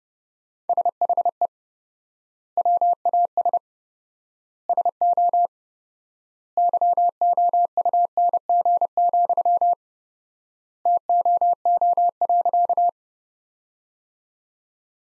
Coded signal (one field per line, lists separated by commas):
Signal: Morse code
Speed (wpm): 30 wpm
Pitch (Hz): 700 Hz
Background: none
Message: SHE WAS SO YOUNG, TOO.